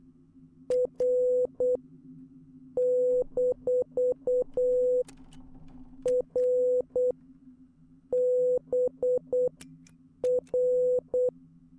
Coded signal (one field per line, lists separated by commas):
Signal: Morse code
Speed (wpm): 8 wpm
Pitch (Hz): 500 Hz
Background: music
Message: R - R B R